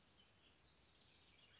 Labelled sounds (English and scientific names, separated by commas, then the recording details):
House Wren (Troglodytes aedon)
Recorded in Sonoma County, California